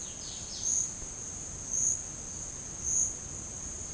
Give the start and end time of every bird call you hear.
0.00s-0.70s: bird call (2.7-5.9 kHz)

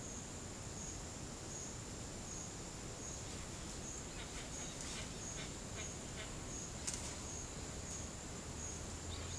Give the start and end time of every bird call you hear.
4.11s-6.28s: bird call (0.8-5.0 kHz)

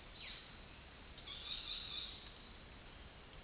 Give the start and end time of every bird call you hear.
0.12s-0.57s: bird call (1.2-5.7 kHz)
1.20s-2.13s: bird call (0.7-5.3 kHz)

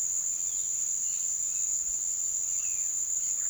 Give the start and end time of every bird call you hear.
0.83s-1.75s: bird call (1.9-4.9 kHz)
2.54s-3.49s: bird call (1.0-3.7 kHz)

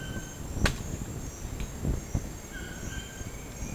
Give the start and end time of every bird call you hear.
2.44s-3.32s: bird call (1.1-3.7 kHz)

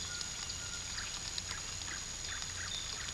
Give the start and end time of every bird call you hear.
0.10s-3.13s: bird call (0.8-1.9 kHz)

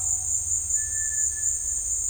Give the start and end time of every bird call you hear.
0.03s-0.27s: bird call (0.5-1.4 kHz)
0.72s-1.81s: bird call (1.3-2.5 kHz)

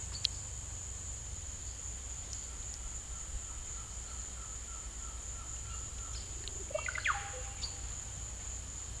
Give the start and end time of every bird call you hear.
3.16s-6.19s: bird call (0.8-2.1 kHz)
6.65s-7.78s: bird call (0.1-5.6 kHz)

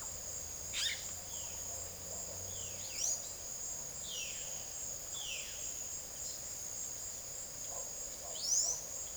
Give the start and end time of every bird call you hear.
0.70s-5.63s: bird call (0.9-11.4 kHz)
8.25s-8.83s: bird call (2.6-9.2 kHz)

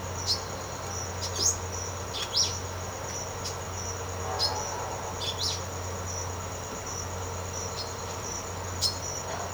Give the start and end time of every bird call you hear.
0.27s-0.51s: bird call (2.5-8.0 kHz)
1.14s-1.61s: bird call (2.5-8.9 kHz)
2.07s-2.58s: bird call (2.0-8.4 kHz)
4.31s-4.56s: bird call (2.2-8.6 kHz)
5.18s-5.64s: bird call (1.7-7.8 kHz)
7.73s-7.97s: bird call (2.7-7.3 kHz)
8.72s-8.95s: bird call (3.0-7.8 kHz)

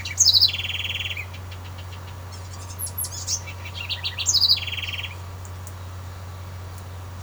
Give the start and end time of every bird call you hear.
0.00s-2.18s: bird call (1.3-8.1 kHz)
2.45s-5.18s: bird call (1.7-12.4 kHz)

